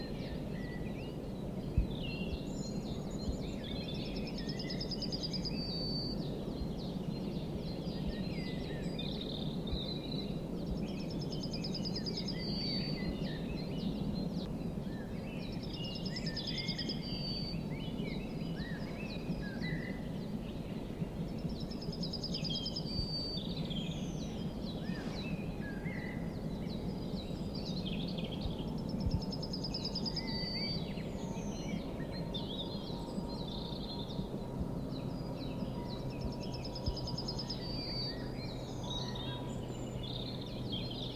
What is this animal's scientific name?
Emberiza citrinella